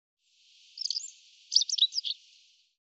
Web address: cianscape birddata Deverinetal 2025 Bird Er Ru